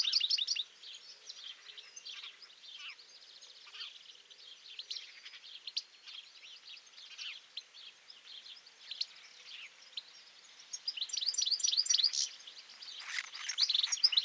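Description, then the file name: European goldfinch song: tinkling twitters throughout, loud at the very start, then soft and scattered, becoming louder and denser with liquid trills near the end. "Carduelis carduelis"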